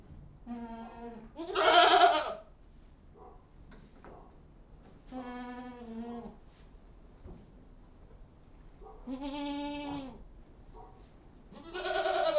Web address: BBC Sound Effects Library Livestock General Atmosphere In Goat-House